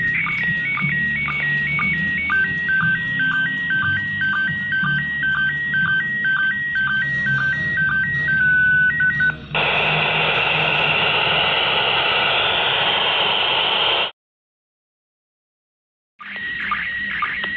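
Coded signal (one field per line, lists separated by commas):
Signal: SSTV (slow-scan television)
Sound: warbling tones hopping between two pitches, then a harsh hissy screech, a pause, then tones again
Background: radio static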